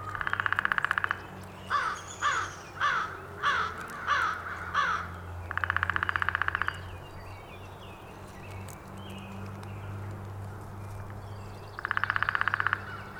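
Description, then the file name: Downy woodpecker drumming: three rapid rolls of taps about a second long, with six harsh caws from another bird between the first two. Recorded 19 April 2019. "2019-04-19 Downy Woodpecker"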